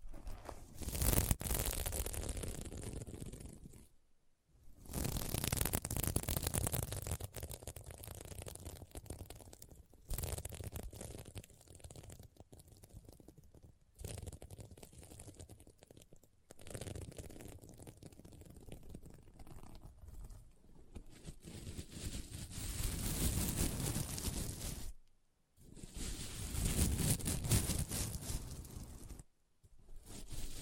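Scratching on a sequin mermaid pillow: rough, dense scraping strokes in bursts, broken by brief silences near 4, 25 and 29 seconds.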